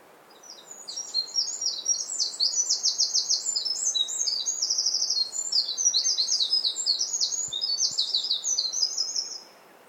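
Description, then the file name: Eurasian wren song, an energetic, high-pitched stream of quick notes and machine-gun trills, sung continuously for over eight seconds. "Troglodytes troglodytes"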